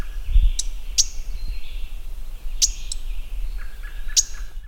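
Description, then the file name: Mourning warbler making a few crisp chip notes spaced unevenly, other birds chattering softly, low noise throughout. "Mourning Warbler - Geothlypis philadelphia"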